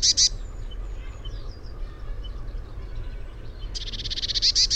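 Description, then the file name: Eurasian blue tit makes quick buzzy notes at the start, then a longer rattling churr with high accents near the end; faint low rumble throughout. "Cyanistes caeruleus"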